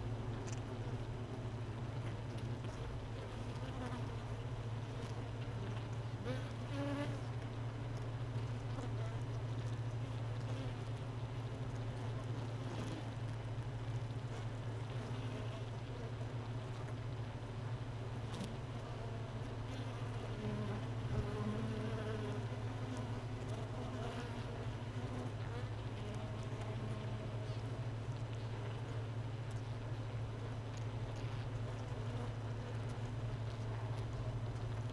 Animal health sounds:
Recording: honeybee colony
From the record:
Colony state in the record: missing queen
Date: 31 May 2018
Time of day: 13:33

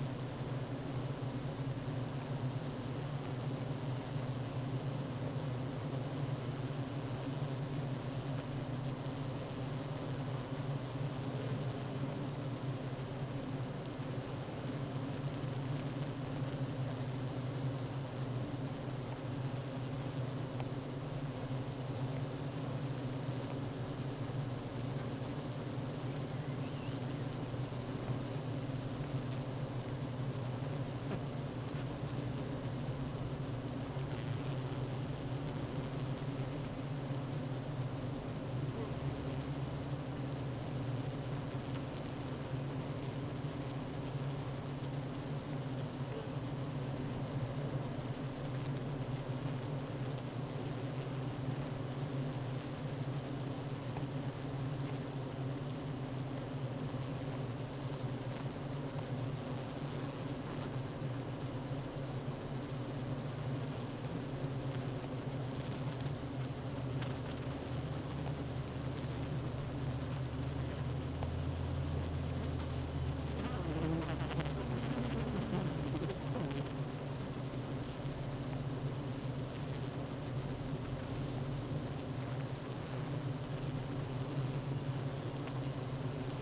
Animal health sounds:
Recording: honeybee colony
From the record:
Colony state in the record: active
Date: 12 June 2018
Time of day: 9:50

